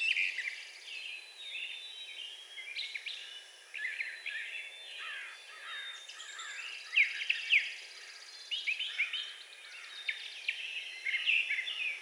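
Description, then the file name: Brown thrasher song, a steady stream of varied whistled and chirpy phrases in quick succession. Recorded on 4 June 2020. "2020-06-04 Brown Thrasher"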